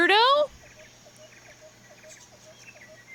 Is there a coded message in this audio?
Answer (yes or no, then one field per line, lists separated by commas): no